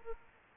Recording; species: mosquito wingbeat signal from an infrared sensor; Aedes aegypti